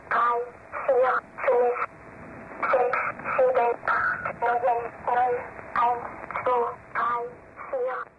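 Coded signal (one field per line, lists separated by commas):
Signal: numbers station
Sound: a voice over a radio channel reading short words at a steady, evenly spaced pace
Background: radio static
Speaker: the bulk of this set consists of broadcasts in which seemingly random streams of numbers are read off, usually by electronic means, and are often bookended by odd electronic noises or snippets of music.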